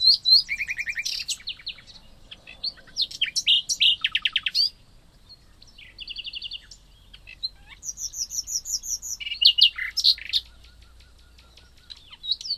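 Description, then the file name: Common nightingale song: rapid series of repeated notes and high phrases, broken by short pauses. "Luscinia megarhynchos"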